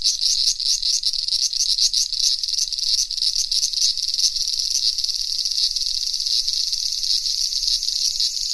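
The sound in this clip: Cicadas singing, a loud high-pitched buzzing chorus pulsing rapidly at first, then merging into a steady shrill drone.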